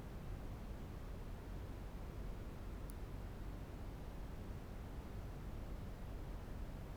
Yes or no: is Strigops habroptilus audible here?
no